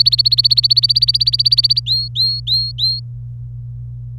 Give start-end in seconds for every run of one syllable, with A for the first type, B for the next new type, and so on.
0.00-1.80 A, 1.86-3.00 B